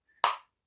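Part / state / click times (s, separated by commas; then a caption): rechargeable battery pack into laser level body / seated / 0.2 s. The rechargeable, removable battery pack of a Kaiweets 360° self-leveling 3-way laser level is set in on its bottom edge and pushed into the plastic housing. After a couple of faint sounds, a single sharp, bright click is heard at 0.2 s and rings out briefly. The battery clicks into place and is seated.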